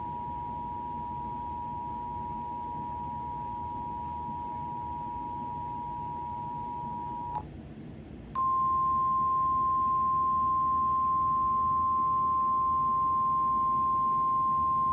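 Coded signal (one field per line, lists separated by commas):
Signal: Emergency Alert System (SAME) tones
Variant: 853 and 960 Hz attention tone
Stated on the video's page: Mock EAS alert, simulated, demonstrating VoiceText text-to-speech.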